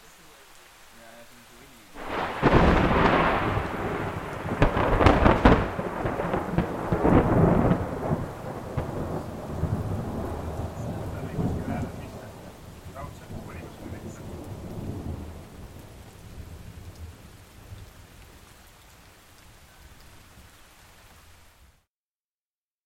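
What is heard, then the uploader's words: A thunderclap cracks at about two seconds, crashes loudest near five, then rolls and rumbles away for fifteen seconds over steady rain. 2 lightning strikes. Kõruse, Saaremaa, Estonia. A thunderstorm passed over our heads. Recorded from a balcony from under a roof, so it sounds a bit boxed. Zoom H6 XY module.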